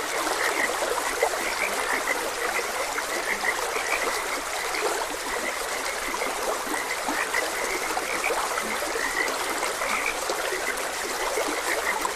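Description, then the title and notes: Frog chorus of rapid, high chirping notes with a faint low croak or two, mixed into constant gurgling water sound. Frogs croaking beside a gentle stream. "Gentle Stream and Frogs Croaking - Calming Sounds of Nature. Sleep and Relaxation Podcast"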